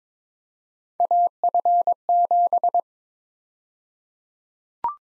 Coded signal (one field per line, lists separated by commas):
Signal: Morse code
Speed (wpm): 22 wpm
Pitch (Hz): 700 Hz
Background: none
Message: AF7